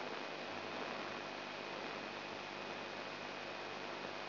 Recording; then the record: brain microelectrode recording played as sound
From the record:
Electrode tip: inside the subthalamic nucleus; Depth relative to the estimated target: 2 mm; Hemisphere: right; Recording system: AlphaMap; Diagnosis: Parkinson's disease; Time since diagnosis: 9 years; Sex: male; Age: 58 years